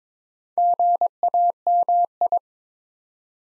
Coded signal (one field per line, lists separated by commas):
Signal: Morse code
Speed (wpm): 22 wpm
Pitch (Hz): 700 Hz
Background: none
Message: GAMI